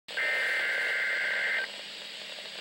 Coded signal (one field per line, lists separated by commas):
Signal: Emergency Alert System (SAME) tones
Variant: header bursts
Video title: Winter Weather Advisory & Wind Chill Warning Update - EAS #291